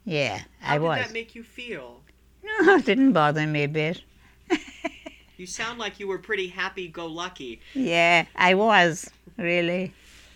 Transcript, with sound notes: Yeah, I was.
How did that make you feel?
It didn't bother me a bit. ( she laughs )
You sound like you were pretty happy-go-lucky.
Yeah, I was, really.